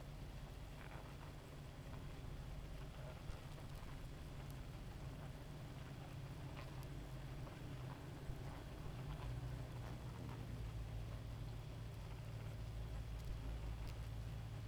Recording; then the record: honeybee colony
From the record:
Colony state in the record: active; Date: 28 July 2017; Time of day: 2:16